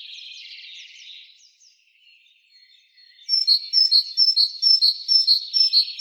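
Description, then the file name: Great tit singing a steady series of high, ringing two-note phrases, roughly two each second, after a spell of soft chattering. "Parus major"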